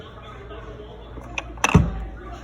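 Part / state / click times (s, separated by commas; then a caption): top cover closing onto the switch of a battery-powered unit / not seated / none. The top housing cover of a battery-powered unit is slowly closed so it presses down on an internal switch. Faint knocks at 1.4 s and 1.6 s lead into a heavier low thump as the cover comes down. No latch click is heard, and the switch has not clicked.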